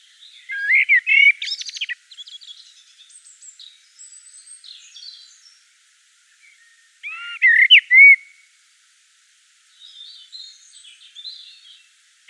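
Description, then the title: Common blackbird song: a rich whistled phrase ending in a thin squeaky twitter, a long quiet gap, then another fluted phrase and faint high chatter. Recorded in Provence. "Sylvain Jaskowiak - Mes piafs. Merle noir en Provence"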